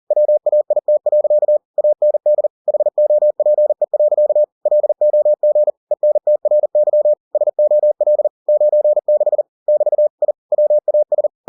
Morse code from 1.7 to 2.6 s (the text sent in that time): AND